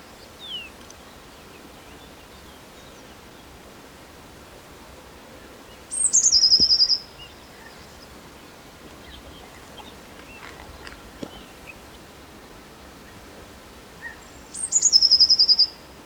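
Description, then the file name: Eurasian blue tit song, two phrases about eight seconds apart, each a thin high note sliding down into a quick trill of repeated notes, over quiet background. "Cyanistes caeruleus"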